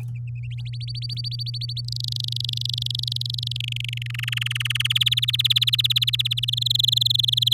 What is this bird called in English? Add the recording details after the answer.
Domestic Canary. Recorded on 9 May 2018 at 06:58. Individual llb16